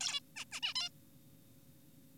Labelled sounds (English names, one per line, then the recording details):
Zebra Finch
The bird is an adult
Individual g4p5U